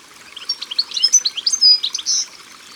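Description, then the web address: European goldfinch song, a bright, rapid twitter of varied high chirps and slurred notes, ending in a short drawn-out note. Sung by the water. "Chardonneret elegant Au bord de leau. album au-bord-de-leau"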